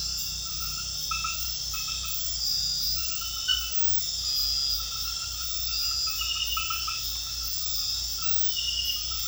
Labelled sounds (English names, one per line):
none